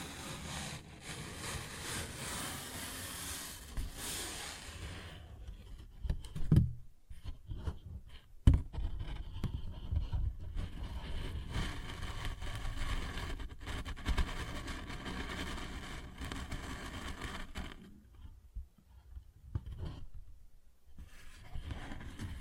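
A paper bag is scratched and rustled in dense, rough bursts, with dull knocks near seven and eight seconds and brief quieter pauses.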